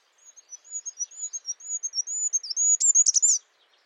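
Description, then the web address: Bird song: a long run of thin, high chirps wavering near one pitch, growing louder toward the end, then stopping abruptly. "birddata Deverinetal 2025"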